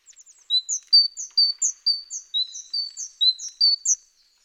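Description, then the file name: Great tit song: bright two-note phrases alternating high and lower, repeated rapidly about eight times in a see-saw rhythm, after a few soft introductory notes. "Parus major"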